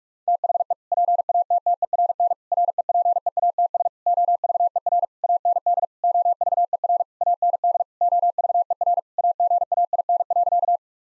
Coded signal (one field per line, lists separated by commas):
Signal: Morse code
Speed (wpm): 46 wpm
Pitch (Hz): 700 Hz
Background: none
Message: THE PATTERN REPEATS OVER AND OVER AND OVER AGAIN.